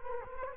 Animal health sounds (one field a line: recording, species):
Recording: mosquito wingbeat signal from an infrared sensor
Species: Culex quinquefasciatus